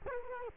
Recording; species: mosquito wingbeat signal from an infrared sensor; Culex quinquefasciatus